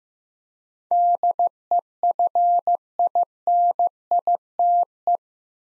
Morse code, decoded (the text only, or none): DEFINITE